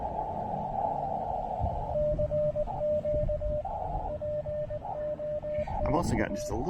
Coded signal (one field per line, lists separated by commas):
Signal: Morse code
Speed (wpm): 19 wpm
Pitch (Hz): 600 Hz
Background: speech, radio noise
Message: CQ POTA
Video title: Low-Profile POTA: Pairing the Elecraft KX2 & AX1 at the Plains of Abraham in Quebec City!